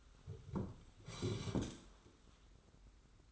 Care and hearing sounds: daily activity, microphone in the room; sit down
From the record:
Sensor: 3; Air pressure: 991.6 hPa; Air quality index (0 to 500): 177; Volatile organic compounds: 1000 ppm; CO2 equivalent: 5893 ppm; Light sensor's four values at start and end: 36/101/41/35 and 38/109/44/38

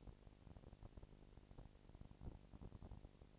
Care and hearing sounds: daily activity, microphone in the room; no activity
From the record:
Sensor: 5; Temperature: 19.8 degrees Celsius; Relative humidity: 36.7%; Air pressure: 997.2 hPa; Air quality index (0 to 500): 169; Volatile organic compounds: 14 ppm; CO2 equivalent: 2439 ppm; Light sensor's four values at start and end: 2/3/1/1 and 2/3/1/1

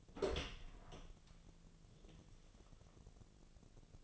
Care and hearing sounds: daily activity, microphone in the room; open door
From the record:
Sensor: 4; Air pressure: 1001.3 hPa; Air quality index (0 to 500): 184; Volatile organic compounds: 2 ppm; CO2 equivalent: 1312 ppm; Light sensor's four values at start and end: 16/37/15/15 and 14/32/13/13

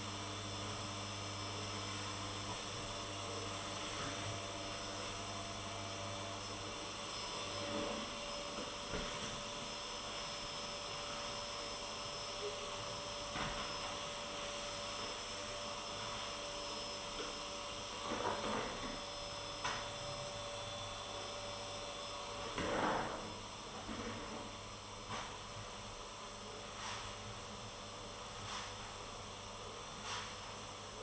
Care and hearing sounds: daily activity, microphone in the room; vacuum cleaning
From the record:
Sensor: 4

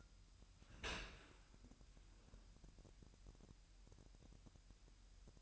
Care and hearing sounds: daily activity, microphone in the room; open dishwasher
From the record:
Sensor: 2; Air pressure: 998.1 hPa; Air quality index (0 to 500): 148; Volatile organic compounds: 4 ppm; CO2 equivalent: 1676 ppm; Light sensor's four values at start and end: 10/30/12/11 and 10/30/12/11

